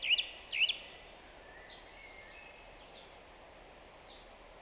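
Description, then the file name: Song thrush song: a looping whistled phrase sung twice, then only faint high calls and light background hiss. "Zanglijster Turdus philomelos"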